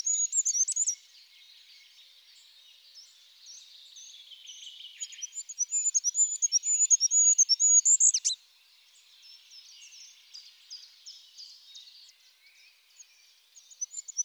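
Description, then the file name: Goldcrest song: the end of a phrase, faint high twittering, then a fast run of very high, thin rhythmic notes ending in a brief flourish, more faint twittering and a new burst at the end. Stereo recording. "ROITELET HUPPE"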